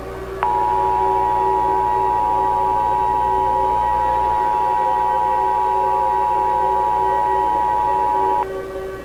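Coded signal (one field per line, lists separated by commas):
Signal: Emergency Alert System (SAME) tones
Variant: 853 and 960 Hz attention tone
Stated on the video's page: Fictional EAS scenario, remastered, with voice actors.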